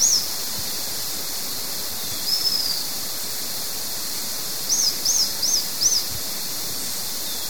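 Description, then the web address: White-fronted tyrannulet calling with a few scattered thin high notes, then four quick, sharp, arched notes in a row, over a constant high hiss. Recorded in Ecuador. "Natures Songs S America Birds of Ecuador. White-fronted Tyrannulet"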